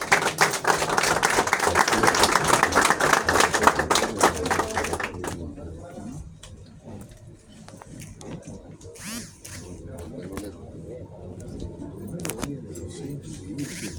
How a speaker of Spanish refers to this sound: Le brindamos el aplauso a los funcionarios que nos acompañan.